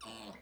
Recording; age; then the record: pig call; piglet (1 to 25 days)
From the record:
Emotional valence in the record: negative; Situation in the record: restrain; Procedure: sham castration, cut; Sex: male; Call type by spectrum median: low-frequency call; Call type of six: mixed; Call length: 0.41 s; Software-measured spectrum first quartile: 572 Hz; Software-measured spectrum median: 1611 Hz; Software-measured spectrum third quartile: 4020 Hz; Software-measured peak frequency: 212 Hz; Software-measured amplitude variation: 95 dB a second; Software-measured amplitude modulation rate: 20.6 a second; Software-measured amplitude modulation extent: 4.6 dB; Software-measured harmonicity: 0.7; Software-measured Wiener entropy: -1.54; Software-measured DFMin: 579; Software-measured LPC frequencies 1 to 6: 1018, 2914, 3720, 4420, 5402, 6446 Hz